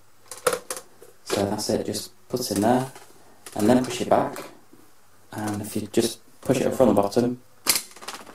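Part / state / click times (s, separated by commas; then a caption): dust bin into cordless vacuum body / seated / 7.7 s, 8.1 s. The clear plastic dust bin of a Dyson V6 / DC59 cordless stick vacuum is hooked onto the front clip and pushed up from the bottom onto the vacuum body while someone talks. Sharp plastic clicks sound at 7.7 s and 8.1 s as the bin locks into place, fully seated.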